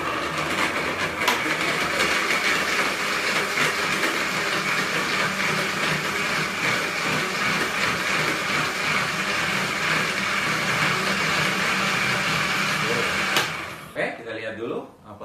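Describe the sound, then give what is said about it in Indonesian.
A blender runs steadily for about thirteen seconds with a loud, dense whirring roar as a juice of pineapple, dates and avocado mixed with water churns, then cuts off abruptly, leaving a brief rattle as the motor winds down. “Kita akan coba blender atau kita akan putar.”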